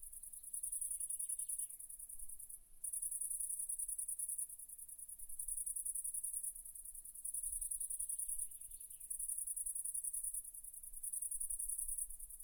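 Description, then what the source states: Cricket chirping: very high continuous trills in long bursts of about two seconds with short breaks, plus two faint lower bird-like twitters. Crickets with birds at night in a cedar forest.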